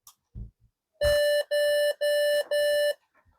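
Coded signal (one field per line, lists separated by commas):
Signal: beep code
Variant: PC POST beep code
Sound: a couple of clicks, then 4 short, evenly spaced electronic beeps at about 600 Hz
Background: switch clicks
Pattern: 4 short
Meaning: Four short beeps indicate a memory or RAM error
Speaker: So it's got 4 short beeps. And when I looked up 4 short beeps, it talks about a memory or RAM error.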